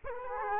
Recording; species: mosquito wingbeat signal from an infrared sensor; Culex quinquefasciatus